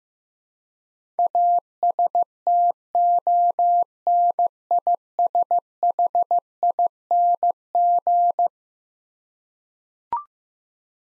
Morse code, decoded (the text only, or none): ASTONISHING